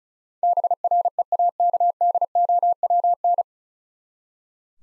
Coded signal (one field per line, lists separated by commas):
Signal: Morse code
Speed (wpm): 36 wpm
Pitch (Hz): 700 Hz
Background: none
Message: BREAKDOWN